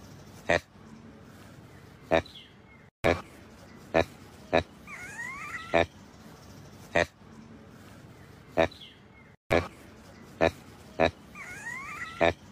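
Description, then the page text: Proboscis monkey giving short gruff grunts at uneven intervals, with occasional brief rising whistled chirps between them over faint background noise. "Proboscis Monkey Amazing Video.#Chimelong"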